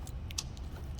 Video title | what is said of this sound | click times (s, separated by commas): TOO Bright? Lowbeam Honda Accord (2013-2017) | i should hear a little click and i'm going to test to see if they turn up | 0.4 s